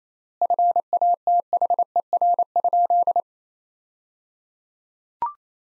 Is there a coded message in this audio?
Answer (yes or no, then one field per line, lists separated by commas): yes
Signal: Morse code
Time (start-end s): 0.4-3.2 s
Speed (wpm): 28 wpm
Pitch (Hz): 700 Hz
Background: none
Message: FATHER?